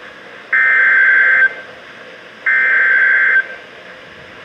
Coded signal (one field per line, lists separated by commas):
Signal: Emergency Alert System (SAME) tones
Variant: header bursts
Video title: Double Header Severe Thunderstorm Warnings (EAS #1584-1587)